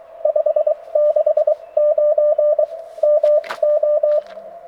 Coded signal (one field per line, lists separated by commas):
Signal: Morse code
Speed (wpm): 21 wpm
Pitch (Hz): 580 Hz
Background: radio noise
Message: 569 MO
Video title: POTA at Long Pond Part 1: Thursday Night